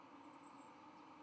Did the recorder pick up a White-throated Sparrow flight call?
no